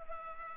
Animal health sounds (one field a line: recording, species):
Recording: mosquito wingbeat signal from an infrared sensor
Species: Culex pipiens